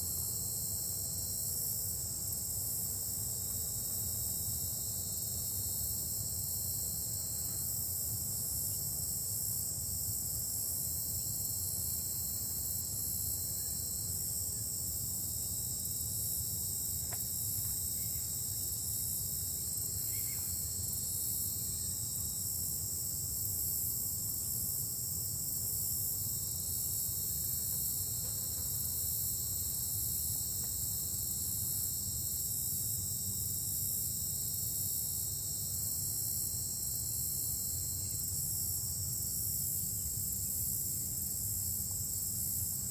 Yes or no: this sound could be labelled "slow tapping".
no